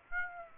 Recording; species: mosquito wingbeat signal from an infrared sensor; Aedes aegypti